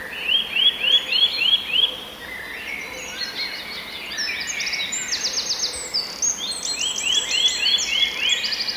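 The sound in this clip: Eurasian nuthatch slow trill: clear upslurred whistles repeated rapidly, then again later, amid several other high-pitched birds singing and chirping.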